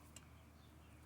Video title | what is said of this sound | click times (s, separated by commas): How to make an outside antenna for weather radio | you're just going to do this little thing till you hear it click. | 0.2 s